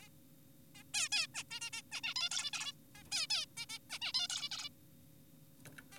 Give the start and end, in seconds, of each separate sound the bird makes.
0.02-0.09, 0.75-0.83, 0.94-1.09, 1.12-1.27, 1.34-1.43, 1.51-1.60, 1.62-1.70, 1.73-1.82, 1.92-2.01, 2.04-2.14, 2.16-2.29, 2.31-2.51, 2.53-2.72, 2.95-3.03, 3.12-3.27, 3.30-3.46, 3.57-3.66, 3.70-3.78, 3.90-3.99, 4.02-4.12, 4.14-4.28, 4.30-4.49, 4.52-4.69, 5.92-5.98